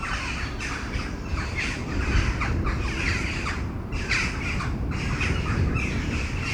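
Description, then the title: Crows cawing, many harsh overlapping caws in quick, irregular bursts over a steady low rumble. Crows before a storm at Domaine de Tivoli, Mechelen, Belgium; Sony PCM-M10 internal microphones. "Domaine de Tivoli, Malines, Belgique, Belgium - Corneilles avant lorage - Crows before the storm"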